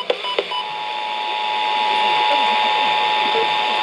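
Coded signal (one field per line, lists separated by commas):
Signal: Emergency Alert System (SAME) tones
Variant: 853 and 960 Hz attention tone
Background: speech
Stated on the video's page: Vermont Required Monthly Tests from the state Department of Public Safety, received on several FM stations and a translator.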